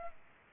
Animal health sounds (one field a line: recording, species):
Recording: mosquito wingbeat signal from an infrared sensor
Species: Culex pipiens